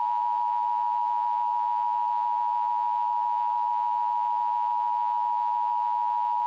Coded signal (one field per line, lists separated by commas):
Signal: Emergency Alert System (SAME) tones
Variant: 853 and 960 Hz attention tone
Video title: EAS Scenario #6: La Palma Tsunami